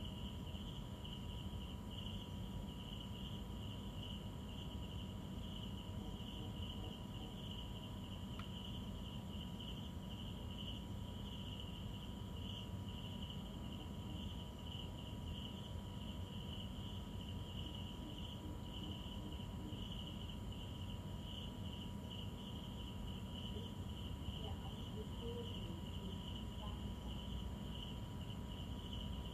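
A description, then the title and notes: Night insects sing in a steady, dense chorus, a bright shrill trill that holds without pause for the whole stretch. A faint thin whine sits underneath, with a constant low rumble and hiss in the background and no distinct events. An Bang Beach Sounds of Hoi An Vietnam. Nightime singing hot Insects calling in the night hot, 18.00 hours darkness descends. Fans buzz working hard to create a breeze.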